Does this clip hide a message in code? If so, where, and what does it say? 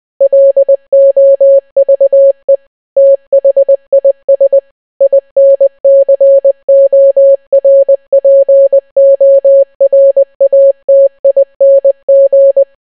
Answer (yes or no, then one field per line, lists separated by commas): yes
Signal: Morse code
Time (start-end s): 0.2-12.6 s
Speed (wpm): 20 wpm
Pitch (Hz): 550 Hz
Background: none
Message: LOVE THIS INCORPORATING